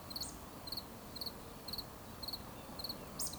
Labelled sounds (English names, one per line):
Eurasian Woodcock whistle